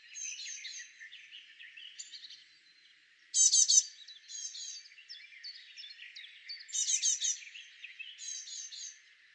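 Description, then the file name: Great tit giving bursts of sharp, ringing repeated notes, two louder clusters about three seconds apart, over steady background twittering. "Parus major"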